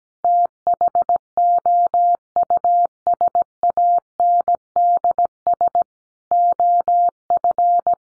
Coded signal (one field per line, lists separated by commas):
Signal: Morse code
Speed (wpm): 17 wpm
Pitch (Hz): 700 Hz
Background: none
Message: THOUSANDS OF